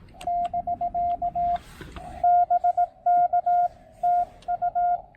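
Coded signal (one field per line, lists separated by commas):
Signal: Morse code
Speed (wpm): 18 wpm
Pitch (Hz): 700 Hz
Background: radio noise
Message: <BK> BK TU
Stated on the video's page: Rapid activation with a Discovery TX-500 transceiver, Elecraft T1 tuner and CHA MPAS Lite antenna.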